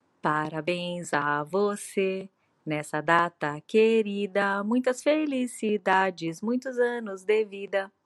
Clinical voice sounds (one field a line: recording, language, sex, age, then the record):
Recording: short text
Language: Brazilian Portuguese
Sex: female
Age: 50 to 59 years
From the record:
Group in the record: control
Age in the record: 52 years